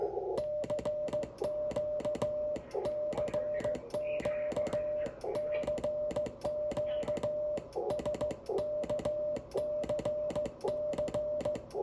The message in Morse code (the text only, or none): CQ CQ CQ SKCC